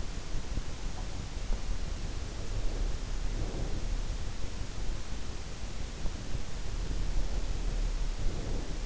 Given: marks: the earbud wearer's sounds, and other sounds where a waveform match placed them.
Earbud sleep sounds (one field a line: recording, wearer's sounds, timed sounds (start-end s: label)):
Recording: sounds in sleep by an in-ear microphone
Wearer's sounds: breath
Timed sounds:
1.71-4.11 s: breath
6.81-8.85 s: breath